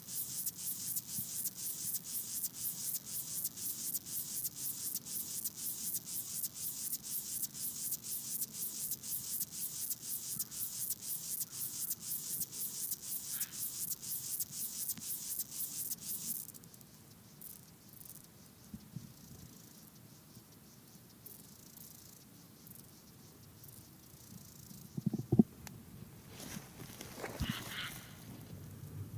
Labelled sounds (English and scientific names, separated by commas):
Upland Field Grasshopper (Chorthippus apricarius) stridulation